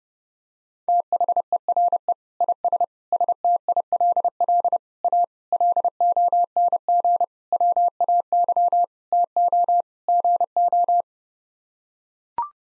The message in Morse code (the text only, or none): THERE IS STILL A LONG WAY TO GO